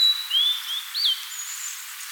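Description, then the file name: Blue-and-white flycatcher song of smooth whistled notes, dipping, then bending sharply up and down before fading into a faint high thin whistle. "Cyanoptila cyanomelana"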